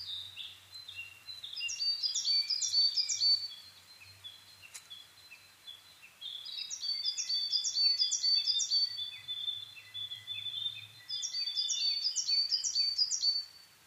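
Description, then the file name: Coal tit delivering three separate bursts of rapid, high, repeated double notes with quiet gaps between, over faint low background rumble. Recorded in Japan on 22 May 2010 at 17:41. "higara-20100522-1741"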